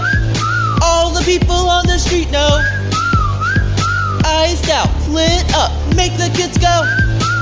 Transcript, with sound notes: All the people on the street know [whistles whistles]
Iced-out, lit-up make the kids go